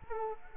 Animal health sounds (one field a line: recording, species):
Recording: mosquito wingbeat signal from an infrared sensor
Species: Culex quinquefasciatus